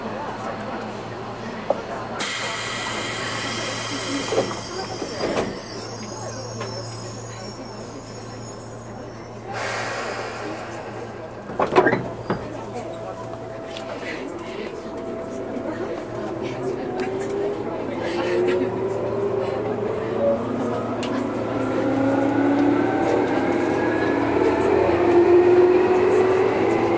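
Running sound inside a Tobu 20000 series train, a local service. A steady low hum fills the car while bursts of loud hiss at about 2–5 and 10–11 seconds cut in, with brief clunks near 12 seconds. From 15 seconds, motor tones climb steadily as the train speeds up.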